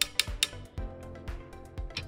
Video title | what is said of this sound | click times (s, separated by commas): Properly Retracting a Cord Reel - Demonstration - KH Industries | First, pull the cord out of the reel until you hear a clicking noise. This means the ratchet pawl engages into the ratchet and locks the cord into place. | 0.0 s, 0.2 s, 0.4 s